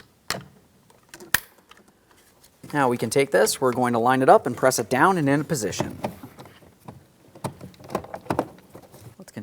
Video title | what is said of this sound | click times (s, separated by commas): How to Replace Front Window Sweeps 2007-2014 GMC Sierra 2500 HD | Just line them up, press them in, listen for a click. | 0.3 s, 1.4 s